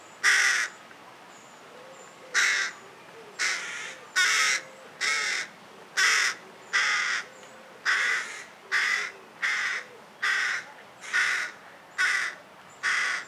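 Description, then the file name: Carrion crow giving a long run of fourteen or so rough, rasping caws, delivered almost every second in a fairly even rhythm. "Corvus corone"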